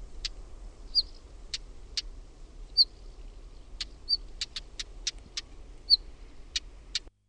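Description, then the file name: Northern wheatear calls: repeated hard ticking clicks mixed with thin high whistled notes at irregular intervals, over low background noise. "KIVITASKU"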